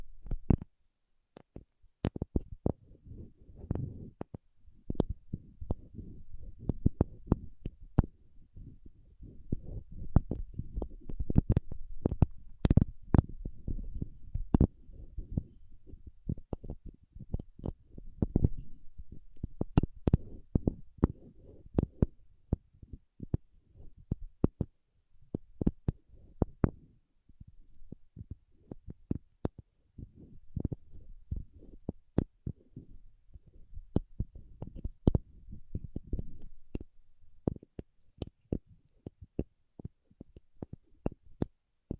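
Paraffin wax being peeled, tapped and scratched, with dense clusters of sharp clicks and crackles packed between soft low rustling. The activity runs almost without pause for about 40 seconds, thinning briefly around 25 seconds and near the end, with a few brighter snaps throughout.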